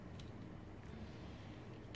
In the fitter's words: un peu chiant parfois à clipser faut bien aller jusqu'au clic du coup